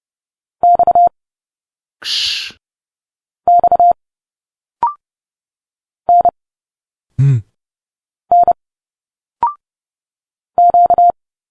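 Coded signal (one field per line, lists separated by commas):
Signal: Morse code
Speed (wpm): 30 wpm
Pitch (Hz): 700 Hz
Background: none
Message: X X N N Q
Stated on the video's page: Morse code letters A to Z at 30 wpm, an instant character recognition drill linking Morse sounds directly to speech sounds.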